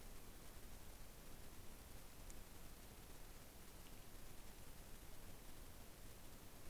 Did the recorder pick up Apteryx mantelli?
no